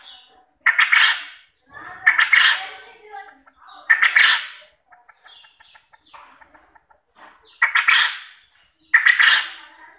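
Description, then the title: Quail calls, loud stuttering bursts repeated at uneven intervals, with a soft pulsing chatter and faint chirps in the pauses. Quail call used as a lure to get quail to answer and call actively. "Burung Puyuh Mana Yang Tidak Nyaut Dan Gacor Dengan Pancingan Ini"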